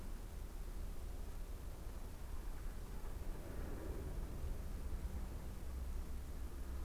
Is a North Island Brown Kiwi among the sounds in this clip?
no